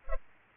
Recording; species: mosquito wingbeat signal from an infrared sensor; Culex pipiens